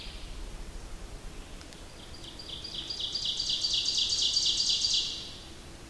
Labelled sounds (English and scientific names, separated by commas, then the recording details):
Ovenbird (Seiurus aurocapilla) song
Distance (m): 60 m
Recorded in boreal forest in Alberta, Canada, on 28 May 2016 at 06:14
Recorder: SongMeter 3, array SBT-3-49
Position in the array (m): 88 m, 181 m
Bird 15